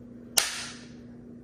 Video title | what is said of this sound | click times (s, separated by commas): Ninja Cold Press Juicer Total Pulp Control Unboxing & Reviewing First Day Out The Box | you're gonna hear it click | 0.4 s